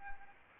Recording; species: mosquito wingbeat signal from an infrared sensor; Anopheles gambiae